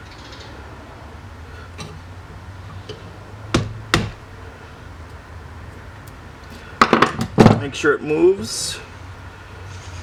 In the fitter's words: which it does but it's not seated all the way